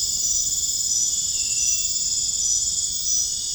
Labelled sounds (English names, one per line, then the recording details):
none
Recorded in dense forest near Puerto Asís, Putumayo, Colombia, on 29 June 2025 at 01:00
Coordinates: 0.481, -76.323
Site G072